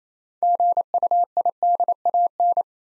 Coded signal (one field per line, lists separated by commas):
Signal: Morse code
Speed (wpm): 27 wpm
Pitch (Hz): 700 Hz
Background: none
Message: GUIDAN